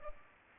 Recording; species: mosquito wingbeat signal from an infrared sensor; Culex pipiens